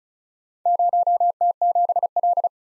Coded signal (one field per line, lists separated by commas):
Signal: Morse code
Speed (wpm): 36 wpm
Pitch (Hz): 700 Hz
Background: none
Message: 0T7L